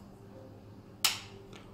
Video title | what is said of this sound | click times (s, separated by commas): Anaphylaxis Use of an EpiPen | place the origin on the outer mid thigh and push it firmly into the thigh till it clicks hold | 1.0 s